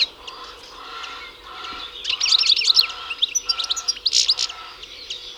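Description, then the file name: European goldfinch calls, bright tinkling twitters and liquid notes in quick bursts, growing louder after a quieter start. "Carduelis carduelis"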